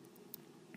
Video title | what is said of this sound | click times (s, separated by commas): Mac Mini Ram Upgrade Tutorial 4 GB to 16 GB | which the levers will hold it down and that's the click that you hear | 0.3 s